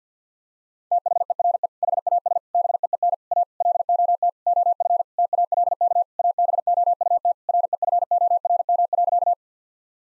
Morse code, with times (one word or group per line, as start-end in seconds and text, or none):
0.9-1.7 THERE
1.8-2.4 HAS
2.5-3.1 BEEN
3.3-3.4 A
3.6-4.3 LOT
4.5-5.0 OF
5.2-6.0 TALK
6.2-7.3 ABOUT
7.5-9.3 REFORM.